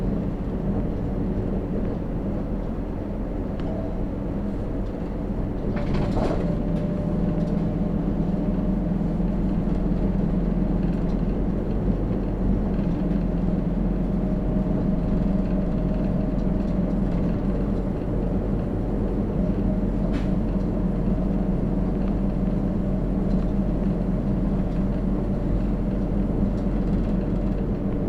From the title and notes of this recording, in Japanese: 日田彦山線代行バス 大鶴→夜明 久大本線 夜明→日田。